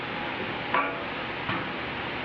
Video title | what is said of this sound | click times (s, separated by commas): Fixing a GE Profile Electric Dryer Model DPXR473EW0WW | There's a guide pulley in here that you need to push forward and lock into place. | 0.7 s